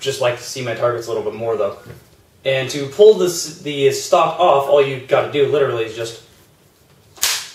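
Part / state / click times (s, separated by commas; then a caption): folding stock locking into the extended position on an airsoft replica / seated / 7.2 s. Someone talks, then pulls the folding stock of a KWA NS2 MP9 airsoft submachine gun replica out from its folded position. The stock locks open into the extended position with a sharp click at 7.2 s. It is stiff at first.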